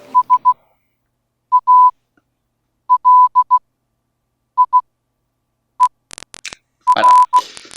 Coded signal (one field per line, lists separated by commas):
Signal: Morse code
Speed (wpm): 16 wpm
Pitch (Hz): 1000 Hz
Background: none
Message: SALIER